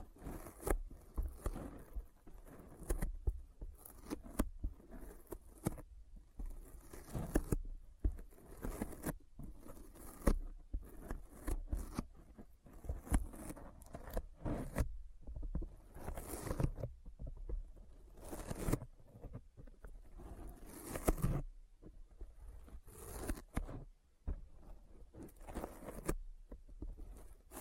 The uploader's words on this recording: ASMR Intense Sticky Finger Sounds (No Talking).